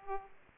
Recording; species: mosquito wingbeat signal from an infrared sensor; Aedes aegypti